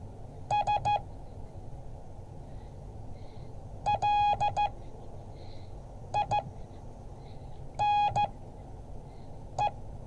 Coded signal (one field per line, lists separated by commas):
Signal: Morse code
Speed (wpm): 13 wpm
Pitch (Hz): 830 Hz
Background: none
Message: S LINE